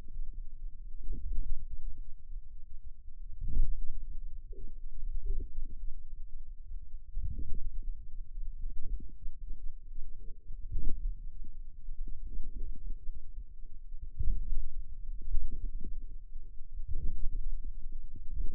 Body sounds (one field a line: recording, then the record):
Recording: forearm muscle sounds (acoustic myography)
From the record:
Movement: outward rotation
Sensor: system 2, bracelet of six BSWA MPA416 microphones around the upper forearm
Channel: 6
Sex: male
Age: 22 years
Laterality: right